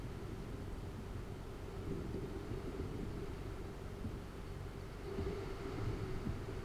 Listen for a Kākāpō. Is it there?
no